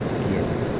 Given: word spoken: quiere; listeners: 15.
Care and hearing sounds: one Spanish word in noise, from a listening test; speech-shaped noise; -4.4 dB; 2 of 15; 6 of 15; 0.40 s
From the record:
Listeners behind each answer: 6, 3, 2, 1, 1, 1, 1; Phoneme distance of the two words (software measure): 10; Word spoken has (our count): 2 syllables, 5 phonemes, stress on syllable 1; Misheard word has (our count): 2 syllables, 5 phonemes, stress on syllable 1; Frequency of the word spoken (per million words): 221.12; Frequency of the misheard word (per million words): 157.67

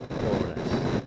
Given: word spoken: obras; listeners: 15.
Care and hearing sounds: one Spanish word in noise, from a listening test; noise modulated by three-talker babble; -5.1 dB; 3 of 15; 8 of 15; 0.67 s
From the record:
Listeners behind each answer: 8, 3, 2, 1, 1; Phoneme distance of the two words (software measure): 7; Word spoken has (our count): 2 syllables, 5 phonemes, stress on syllable 1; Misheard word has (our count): 2 syllables, 6 phonemes, stress on syllable 1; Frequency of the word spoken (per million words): 200.41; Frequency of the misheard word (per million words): 0.57

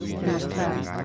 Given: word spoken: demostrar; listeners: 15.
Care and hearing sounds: one Spanish word in noise, from a listening test; eight-talker babble; -2.4 dB; 0 of 15; 7 of 15; 0.64 s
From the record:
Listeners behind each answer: 7, 1, 1, 1, 1, 1, 1, 1, 1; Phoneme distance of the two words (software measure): 14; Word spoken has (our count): 3 syllables, 9 phonemes, stress on syllable 3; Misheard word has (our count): 2 syllables, 7 phonemes, stress on syllable 2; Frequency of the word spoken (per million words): 37.62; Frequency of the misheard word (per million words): 35.08

